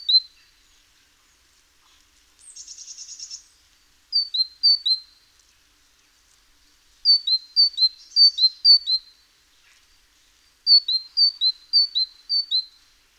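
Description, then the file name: Great tit repeating two-note high-low phrases in bursts, with a short buzzy rasping call from a bird early on. "Parus major"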